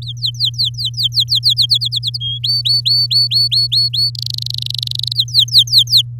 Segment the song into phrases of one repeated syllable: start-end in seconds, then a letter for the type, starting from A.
0.02-1.54 A, 1.56-2.18 B, 2.20-2.38 C, 2.43-4.10 D, 4.15-5.13 E, 5.15-6.02 A